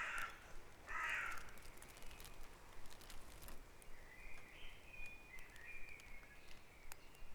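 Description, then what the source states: Bird sounds: two loud harsh calls close together at the start, then quieter scattered chirps and a few thin whistled notes toward the end. Dawn chorus at Back Dragon Avenue, Harrogate, part of the Sound Map of Harrogate.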